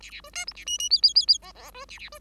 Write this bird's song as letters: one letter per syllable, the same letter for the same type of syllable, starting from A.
A A B C D A E E F F F F G G B A A B